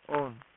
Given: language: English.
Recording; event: throat vibration sensor signal played as sound; speech